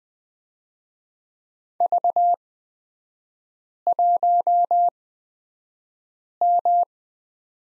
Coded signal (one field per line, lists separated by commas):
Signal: Morse code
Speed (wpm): 20 wpm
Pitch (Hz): 700 Hz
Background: none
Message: V1M